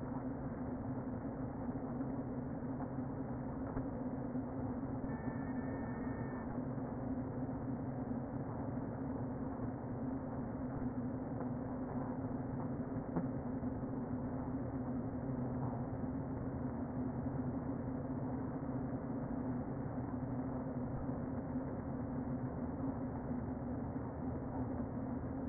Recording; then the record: honeybee colony, microphone inside the hive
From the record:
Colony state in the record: queen present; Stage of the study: before two queens were removed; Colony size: about 60,000 bees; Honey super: yes